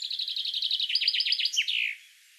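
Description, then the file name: Common chaffinch song phrase: rapid repeated chips in descending steps, closing with a short slurred flourish, all within about two seconds. "Fringilla coelebs"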